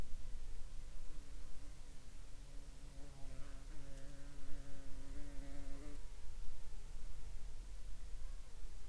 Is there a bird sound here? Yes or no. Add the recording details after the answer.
no. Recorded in the Prudhoe Bay oil fields, Alaska, on 8 July 2021 at 17:38. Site 13